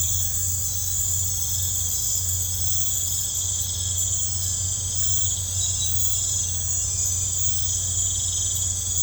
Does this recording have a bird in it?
no